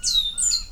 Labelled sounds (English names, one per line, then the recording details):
Stitchbird song
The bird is a male
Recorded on Tiritiri Matangi Island, New Zealand, in 2005
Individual 19, of nest box 27